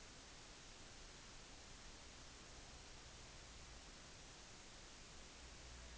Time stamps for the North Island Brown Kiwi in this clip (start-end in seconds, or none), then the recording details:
none. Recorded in New Zealand on 10 November 2013. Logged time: 02:19